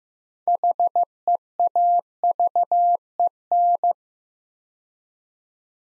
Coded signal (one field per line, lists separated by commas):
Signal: Morse code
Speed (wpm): 15 wpm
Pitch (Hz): 700 Hz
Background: none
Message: HEAVEN